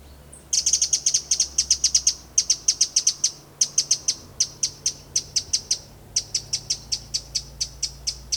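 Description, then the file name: Eurasian wren giving sharp, dry ticking calls in fast bursts of several notes, pausing briefly between runs, over a steady low hum. "Troglodytes troglodytes"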